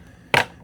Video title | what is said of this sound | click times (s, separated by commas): I Tested the Bissell PowerClean 4196K – Here's What Happened! | I like that these click into place. | 0.3 s